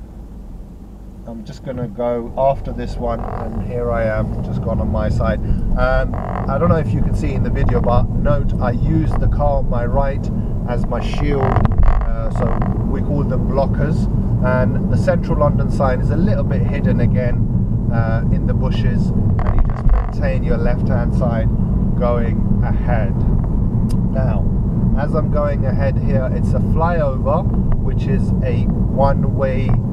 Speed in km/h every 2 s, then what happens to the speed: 5, 19, 27, 34, 37, 40, 44, 44, 45, 47, 47, 45, 47, 45, 39.
0-12 speeds up to 44. 12-24 steady at about 45. 24-30 slows to 39.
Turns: none.